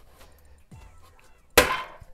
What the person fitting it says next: they just snap into place easily